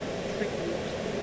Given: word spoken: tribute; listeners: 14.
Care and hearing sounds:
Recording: one English word in noise, from a listening test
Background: speech-shaped noise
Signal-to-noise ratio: -6.2 dB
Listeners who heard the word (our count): 0 of 14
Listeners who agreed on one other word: 8 of 14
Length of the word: 0.83 s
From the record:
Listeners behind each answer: 8, 1, 1, 1, 1, 1, 1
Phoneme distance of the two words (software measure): 34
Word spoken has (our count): 2 syllables, 7 phonemes, stress on syllable 1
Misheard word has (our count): 2 syllables, 5 phonemes, stress on syllable 1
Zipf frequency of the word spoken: 4.28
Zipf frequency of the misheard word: 4.51

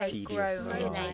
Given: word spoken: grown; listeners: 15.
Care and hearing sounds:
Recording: one English word in noise, from a listening test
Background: four-talker babble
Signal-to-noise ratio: 0.6 dB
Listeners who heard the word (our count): 1 of 15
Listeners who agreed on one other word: 11 of 15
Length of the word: 0.73 s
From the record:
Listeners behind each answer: 11, 1, 1, 1, 1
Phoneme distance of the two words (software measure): 7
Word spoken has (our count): 1 syllable, 4 phonemes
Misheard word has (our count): 1 syllable, 3 phonemes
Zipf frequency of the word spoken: 4.73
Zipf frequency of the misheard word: 4.93

